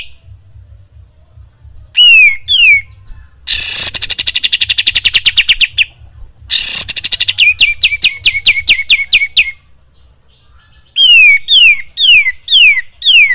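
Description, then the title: Bulbul song: harsh bursts leading into fast repeated rattles, then a series of clear downward-sweeping whistled notes about every half second. Song used for training songbirds (masteran). "Masteran Kapas Tembak Mewah"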